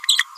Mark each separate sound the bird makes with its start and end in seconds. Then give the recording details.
0.08-0.25. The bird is a female. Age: 29 days. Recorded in a nest box in Venezuela. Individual 17B31A3